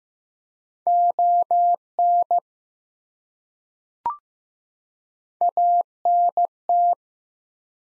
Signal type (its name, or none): Morse code